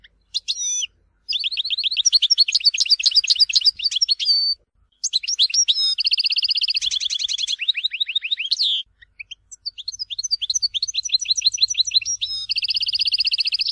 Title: Chant Chardonneret